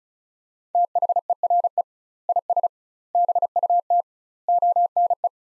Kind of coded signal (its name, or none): Morse code